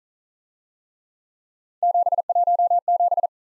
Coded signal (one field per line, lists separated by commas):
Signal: Morse code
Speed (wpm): 42 wpm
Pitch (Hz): 700 Hz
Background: none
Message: 717